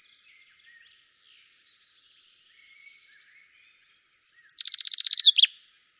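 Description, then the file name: Common chaffinch song: quiet, varied chirps from other birds at first, then a loud, fast run of repeated notes dropping in pitch and closing with a sharp terminal flourish. "Fringilla coelebs"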